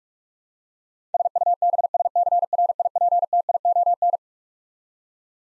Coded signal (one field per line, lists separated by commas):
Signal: Morse code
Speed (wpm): 43 wpm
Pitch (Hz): 700 Hz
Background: none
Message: SUBSCRIPTION